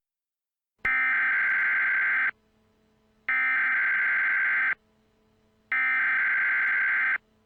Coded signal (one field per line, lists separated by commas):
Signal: Emergency Alert System (SAME) tones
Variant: header bursts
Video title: [OLD] EAS SCENARIO: PETA UPRISING